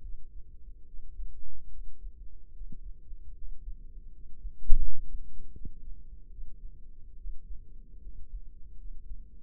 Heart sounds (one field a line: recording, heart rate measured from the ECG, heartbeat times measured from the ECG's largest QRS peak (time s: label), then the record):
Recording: heart sounds by microphone in the left ear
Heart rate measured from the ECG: 75 bpm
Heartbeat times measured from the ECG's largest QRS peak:
0.01 s: heartbeat
0.85 s: heartbeat
1.69 s: heartbeat
2.52 s: heartbeat
3.33 s: heartbeat
4.10 s: heartbeat
4.79 s: heartbeat
5.52 s: heartbeat
6.29 s: heartbeat
7.16 s: heartbeat
7.99 s: heartbeat
8.76 s: heartbeat
From the record:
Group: healthy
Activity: rest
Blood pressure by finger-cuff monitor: 111/60 mmHg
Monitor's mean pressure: 77 mmHg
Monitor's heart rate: 78 bpm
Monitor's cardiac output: 7.2 L/min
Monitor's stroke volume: 95 mL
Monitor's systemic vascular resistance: 750 dyn s/cm5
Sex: female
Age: 22 years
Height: 160 cm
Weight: 63 kg